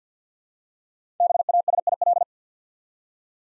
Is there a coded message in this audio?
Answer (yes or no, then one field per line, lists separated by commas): yes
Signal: Morse code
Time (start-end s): 1.2-2.2 s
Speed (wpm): 48 wpm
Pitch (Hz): 700 Hz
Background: none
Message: BASIL